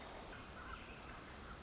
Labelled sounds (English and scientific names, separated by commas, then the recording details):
Pacific Wren (Troglodytes pacificus)
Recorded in Sonoma County, California